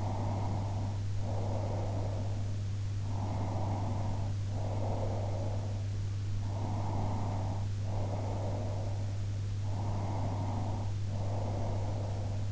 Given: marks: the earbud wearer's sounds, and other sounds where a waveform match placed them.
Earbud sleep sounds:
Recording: sounds in sleep by an in-ear microphone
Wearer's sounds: breath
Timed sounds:
0.00-2.58 s: breath
3.21-5.97 s: breath
6.64-9.35 s: breath
9.85-12.52 s: breath

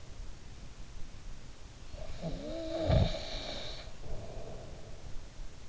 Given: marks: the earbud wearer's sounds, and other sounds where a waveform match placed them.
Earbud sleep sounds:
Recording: sounds in sleep by an in-ear microphone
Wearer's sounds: snoring breath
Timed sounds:
1.84-4.95 s: snoring breath

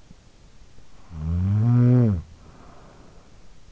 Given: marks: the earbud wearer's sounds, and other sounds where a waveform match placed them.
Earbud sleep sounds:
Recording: sounds in sleep by an in-ear microphone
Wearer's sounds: snoring breath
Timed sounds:
0.34-3.67 s: snoring breath

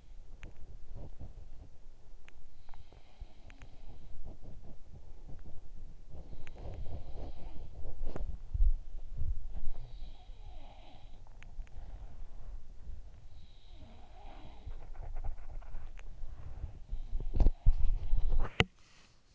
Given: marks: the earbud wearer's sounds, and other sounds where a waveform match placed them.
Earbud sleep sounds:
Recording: sounds in sleep by an in-ear microphone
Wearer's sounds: body movement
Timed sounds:
0.00-19.35 s: body movement
2.22-5.01 s: sound from someone else or the room
5.98-8.78 s: sound from someone else or the room
9.33-11.73 s: sound from someone else or the room
13.53-15.78 s: sound from someone else or the room
16.70-19.35 s: sound from someone else or the room

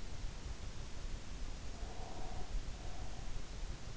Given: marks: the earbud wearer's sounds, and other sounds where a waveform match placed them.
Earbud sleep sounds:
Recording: sounds in sleep by an in-ear microphone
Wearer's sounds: breath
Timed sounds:
1.79-3.32 s: breath

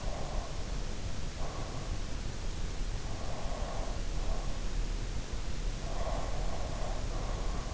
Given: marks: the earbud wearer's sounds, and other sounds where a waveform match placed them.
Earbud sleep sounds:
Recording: sounds in sleep by an in-ear microphone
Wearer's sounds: breath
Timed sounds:
0.09-2.12 s: breath
2.90-4.64 s: breath
5.84-7.74 s: breath

